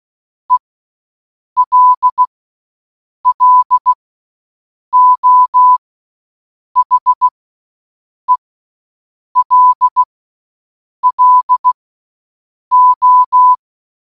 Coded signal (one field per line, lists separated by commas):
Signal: Morse code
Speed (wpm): 16 wpm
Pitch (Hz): 1000 Hz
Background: none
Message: ELLO HELLO